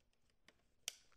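The hinged back door of a Polaroid film back is closed over the loaded film pack. A soft tick comes at 0.5 s, then a sharp click at 0.9 s as the door latches shut and is confirmed seated.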